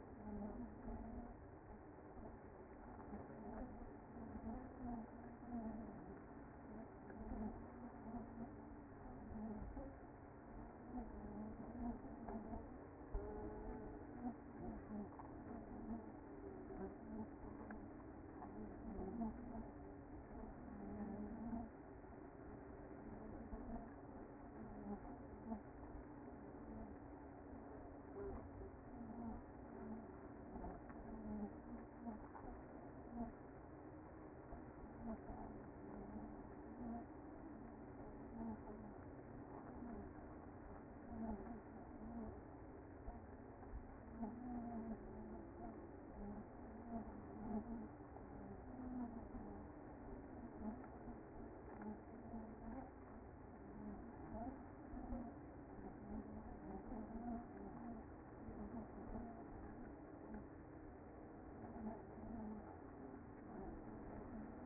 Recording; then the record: honeybee colony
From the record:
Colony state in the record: active